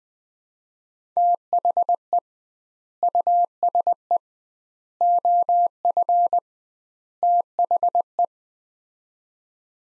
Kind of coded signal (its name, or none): Morse code